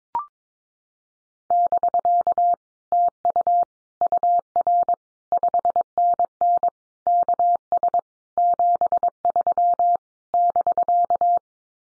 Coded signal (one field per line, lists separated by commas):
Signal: Morse code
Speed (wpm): 22 wpm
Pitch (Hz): 700 Hz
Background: none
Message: <BK> TU UR 5NN KS 73 <BK>